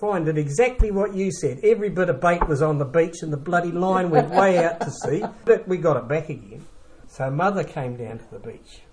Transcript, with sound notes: did exactly what you said – every bit of bait was on the beach and the bloody line went way out to sea – [chuckle] but we got it back again. So Mother came down to the beach.